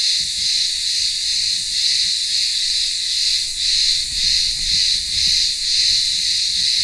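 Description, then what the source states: Cicada chorus, a loud sizzling buzz pulsing roughly twice per second with slightly uneven swells, and faint low rumbles underneath. Cicadas in midday heat in a town square of a remote Greek village on Ikaria island, Greece.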